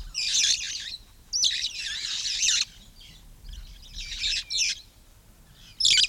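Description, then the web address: Red-fronted parrot with long grating screeches, one drawn out over more than a second, followed by shorter rasping calls. "parrots poicephalus-gulielmi"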